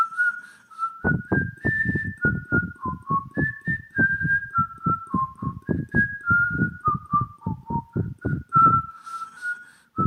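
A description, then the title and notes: Someone whistles a simple tune, clear steady notes stepping up and down in a middle-high register. From about one second until near nine, soft low thumps land about three times a second under the melody, like tapping or footsteps. Just whistling...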